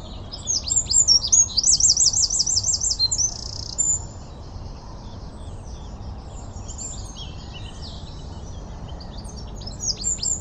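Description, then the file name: Eurasian wren song: a loud, rapid, high-pitched outpouring of notes with a fast trill, ending in a buzzy rattle, then a fainter song continuing over low background rumble. "Troglodytes troglodytes"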